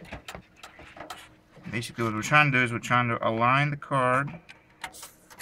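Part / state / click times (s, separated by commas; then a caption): graphics card into motherboard PCIe slot / not seated / none. A PCI Express graphics card is brought back inside the case and lined up with the motherboard PCIe slot before being pushed home, with light handling taps and knocks near 0.3, 0.6, 1.0, 1.1 and 4.8 seconds. Someone talks through the middle of the clip. The card has not seated or clicked yet.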